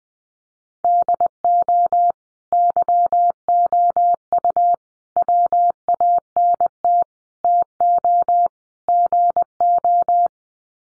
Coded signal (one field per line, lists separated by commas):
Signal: Morse code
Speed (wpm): 20 wpm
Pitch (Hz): 700 Hz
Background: none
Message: DO YOU WANT TO GO